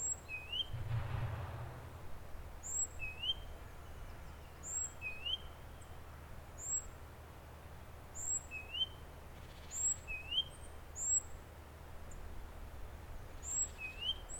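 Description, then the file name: Great tit calls: clear upslurred whistles repeated many times, with a few brief bursts of noise and constant hiss behind. "Parus major"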